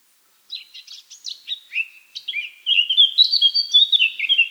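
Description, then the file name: Eurasian blackcap singing: soft scratchy twittering that swells into loud, clear fluted phrases near the end. "Sylvia atricapilla"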